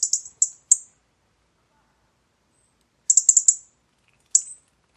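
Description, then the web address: European robin calls: sharp, high ticking notes run together in brief clusters, with a long quiet gap and a final short burst. "File origin Bird Only Er Ru"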